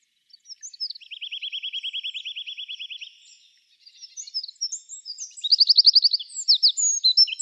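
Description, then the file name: Eurasian wren song: a fast, even, high rattling trill for two seconds, a short pause, then rapid twittering notes and another quick bright trill. "Troglodytes troglodytes"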